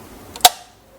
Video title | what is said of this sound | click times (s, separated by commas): ADA KALAJENGKING VZ61 SCORPION | Tuh, dia ngunci nih di sela-sela | 0.4 s, 0.5 s